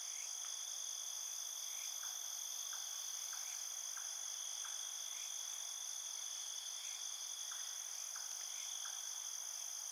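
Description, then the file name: Field crickets trill continuously in steady high-pitched tones, with faint, softer chirps scattered beneath the unbroken chorus. Field cricket at night. "Ambience Night Field Cricket"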